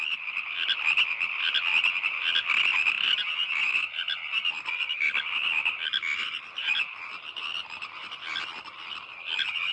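Frog chorus of shrill, buzzing trills overlapping continuously, rising and falling in loudness with no break.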